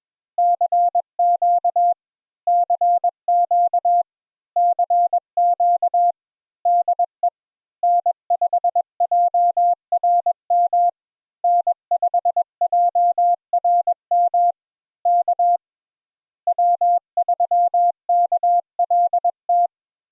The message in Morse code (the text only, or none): CQ CQ CQ DE N5JRM N5JRM K W3KLT